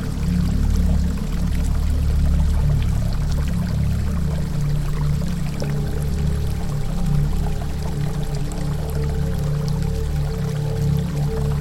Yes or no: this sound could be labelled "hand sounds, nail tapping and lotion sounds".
no